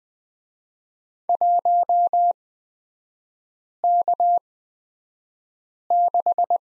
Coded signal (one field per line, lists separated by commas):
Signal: Morse code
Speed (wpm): 20 wpm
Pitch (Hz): 700 Hz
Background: none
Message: 1K6